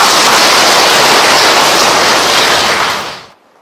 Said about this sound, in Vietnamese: Đó, cho anh tràng pháo tay.